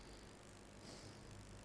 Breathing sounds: one breath in and out by a microphone near the nose and mouth; normal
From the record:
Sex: male

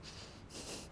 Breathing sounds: one breath in and out by a microphone near the nose and mouth; strong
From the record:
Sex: male

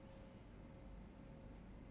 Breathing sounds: one breath in and out by a microphone near the nose and mouth; normal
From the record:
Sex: male

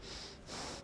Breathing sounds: one breath in and out by a microphone near the nose and mouth; strong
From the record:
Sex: male

